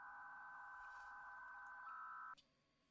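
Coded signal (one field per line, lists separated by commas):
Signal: PSK63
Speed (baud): 62.5 baud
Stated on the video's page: RSGB 3.5 MHz Club Championship data contest operating, streamed live.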